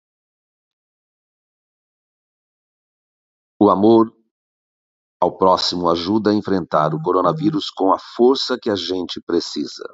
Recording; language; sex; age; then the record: spoken sentence; Brazilian Portuguese; male; 60 to 69 years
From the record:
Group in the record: control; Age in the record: 63 years